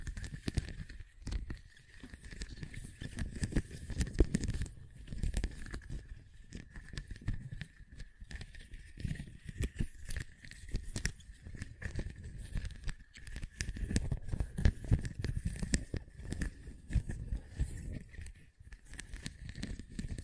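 Dense, uneven scratching and tracing strokes rasp and crackle continuously for twenty seconds over a low rumble, with a faint steady tone throughout.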